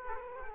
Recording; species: mosquito wingbeat signal from an infrared sensor; Aedes aegypti